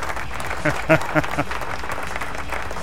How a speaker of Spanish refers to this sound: ¡Aplausos! ¿Dónde están los aplausos que nunca salen a tiempo? ¿Dónde están los aplausos? Ahí está. Por estarle haciendo upgrade a la computadora, ahí no salen a tiempo los aplausos.